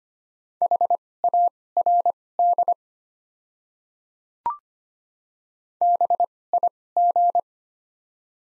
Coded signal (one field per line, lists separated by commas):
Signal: Morse code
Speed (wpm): 25 wpm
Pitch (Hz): 700 Hz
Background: none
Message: HARD BIG